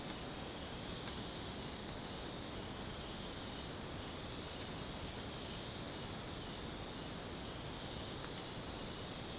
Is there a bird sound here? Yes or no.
no